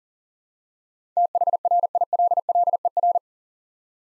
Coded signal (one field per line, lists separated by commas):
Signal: Morse code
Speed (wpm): 40 wpm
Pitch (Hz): 700 Hz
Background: none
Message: THRILLER